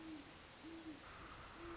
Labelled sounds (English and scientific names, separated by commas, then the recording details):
Great Horned Owl (Bubo virginianus)
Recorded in Sonoma County, California